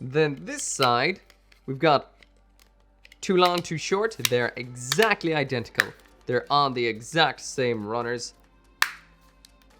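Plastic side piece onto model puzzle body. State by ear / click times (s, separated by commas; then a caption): seated / 8.8 s. Someone talks while handling a plastic side piece from a Bandai Yu-Gi-Oh plastic model kit of the Millennium Puzzle. The piece is pressed onto the model puzzle body and clicks on with one loud, sharp snap at 8.8 s, seating it in place.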